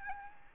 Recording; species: mosquito wingbeat signal from an infrared sensor; Aedes albopictus